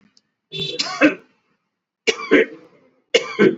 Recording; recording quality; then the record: shallow voluntary cough; excellent, no background noise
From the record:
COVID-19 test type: RT-PCR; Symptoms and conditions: cough, cold, fever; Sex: male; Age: 53 years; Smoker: no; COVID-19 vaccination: both doses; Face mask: worn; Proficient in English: yes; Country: India